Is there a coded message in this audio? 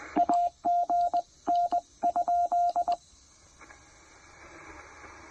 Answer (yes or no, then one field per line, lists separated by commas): yes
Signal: Morse code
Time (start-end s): 0.2-2.9 s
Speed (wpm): 20 wpm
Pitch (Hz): 690 Hz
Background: radio noise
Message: AGN?